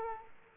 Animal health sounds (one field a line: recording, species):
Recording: mosquito wingbeat signal from an infrared sensor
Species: Aedes aegypti